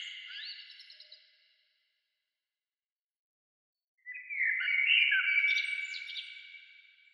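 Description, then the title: Bird song: a fading warbled phrase at the start, then silence, then a rich phrase of overlapping whistles and trills that slowly tails off. "Oiseaux"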